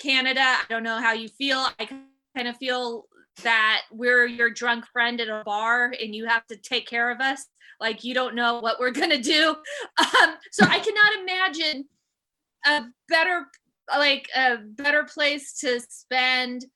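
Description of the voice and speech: Adult woman who stutters, a stand-up comedian, speaking live at a stuttering association conference: drawn-out sounds, silent pauses and a repeated phrase, with laughter, marking mild stuttering.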